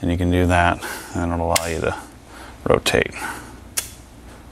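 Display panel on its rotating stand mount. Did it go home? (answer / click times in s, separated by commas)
yes / 3.8 s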